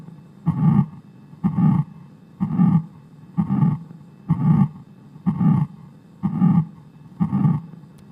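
Steady, even bursts of rumbling, blowing sound repeat about 62 times a minute, each with a flat, sustained loudness. It is a holosystolic murmur from a heart sound simulator, a murmur that lasts through the whole of systole.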